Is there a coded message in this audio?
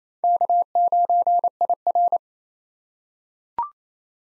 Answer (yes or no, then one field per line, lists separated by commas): yes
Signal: Morse code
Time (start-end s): 0.2-2.2 s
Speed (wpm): 28 wpm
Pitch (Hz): 700 Hz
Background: none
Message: K9IR